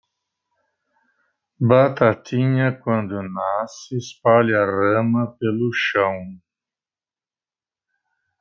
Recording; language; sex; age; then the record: short text; Brazilian Portuguese; male; 70 to 79 years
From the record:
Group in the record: control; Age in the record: 72 years